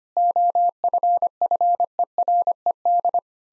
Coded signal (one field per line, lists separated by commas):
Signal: Morse code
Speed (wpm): 25 wpm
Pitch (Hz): 700 Hz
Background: none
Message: OFFERED